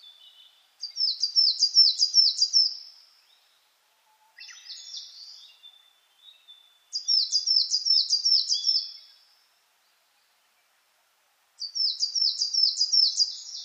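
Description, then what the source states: Coal tit song in three short bursts of high, quickly repeated double notes, separated by silence and a soft buzzy call. Recorded 10 June 2009 at 06:39 in the morning.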